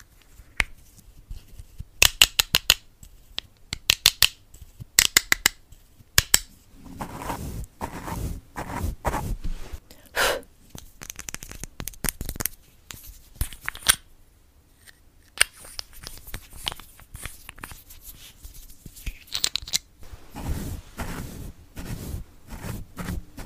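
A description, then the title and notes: ASMR tapping made of sharp, crisp clicks and taps, first in quick bursts during the opening seconds, then more irregular. Softer scratchy, rustling stretches run between the taps, with a brief quiet gap near fifteen seconds before tapping resumes. Blue yeti microphone. Asmr tapping.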